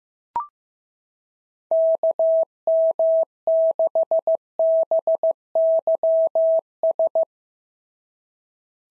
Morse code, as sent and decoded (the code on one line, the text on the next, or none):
-.- -- -.... -... -.-- ...
KM6BYS